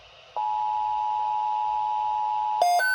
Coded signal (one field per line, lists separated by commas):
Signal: Emergency Alert System (SAME) tones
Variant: 853 and 960 Hz attention tone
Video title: EAS alerts from 5/20/24 and 5/21/2024